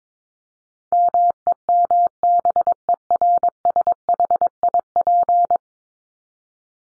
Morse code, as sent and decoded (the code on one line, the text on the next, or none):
-- . -- -... . .-. ... .... .. .--.
MEMBERSHIP